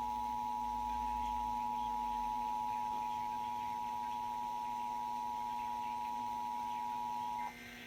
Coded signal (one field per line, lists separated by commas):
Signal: Emergency Alert System (SAME) tones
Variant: 853 and 960 Hz attention tone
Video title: EAS 141 NORMAN SVR